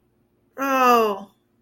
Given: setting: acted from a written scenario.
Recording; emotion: vocal sound without words; distress